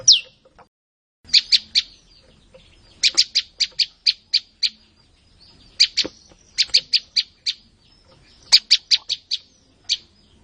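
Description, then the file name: Olive-backed tailorbird song: loud, high chips given in quick runs, with brief gaps between runs. "suara-burung-prenjak-lumut -omkicau"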